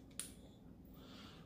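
An orange wire's terminal is pushed into a plastic heater wiring connector housing, directly across from the yellow wire, while installing a Firestorm UTV heater on a Polaris Ranger 900XP. A single sharp click is heard at 0.2 s over low background hum, and the terminal is seated.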